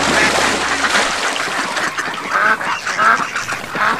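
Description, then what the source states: Ducks giving a dense chorus of nasal quacks over steady background noise. Phone ringtone; countryside, standing with feet in the mud.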